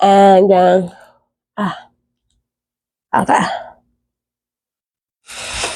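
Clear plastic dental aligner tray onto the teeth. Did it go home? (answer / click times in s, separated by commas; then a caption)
no / none. Someone puts a clear plastic dental aligner tray back over their teeth. They talk at first, then short breathy bursts follow around 1.6 and 3.2 seconds, and a soft hiss begins near 5.3 seconds. Nothing has seated or clicked yet.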